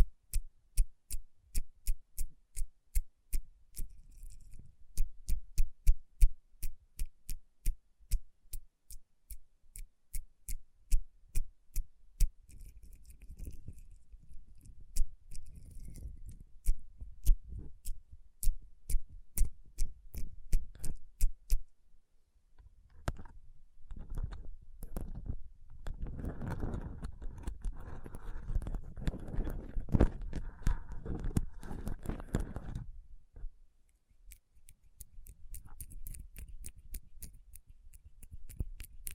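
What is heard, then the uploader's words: Rapid, regular tapping on rhinestone-covered palms for about twenty seconds, then a dense scratchy rubbing burst around 25–33 seconds before tapping resumes. Tapping & Rubbing Rhinestone Covered Palms.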